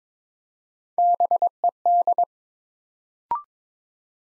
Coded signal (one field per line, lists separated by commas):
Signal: Morse code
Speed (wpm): 23 wpm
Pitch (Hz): 700 Hz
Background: none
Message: BED